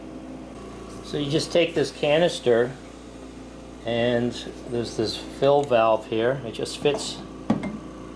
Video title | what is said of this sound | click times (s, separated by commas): How to Use an Oxygen Concentrator | press it down it locks in place and then | 7.5 s, 7.6 s